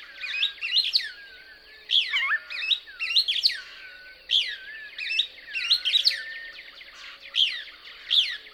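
Couch's Kingbird twittering, rapid high chirps and falling slurred notes delivered in repeated bursts.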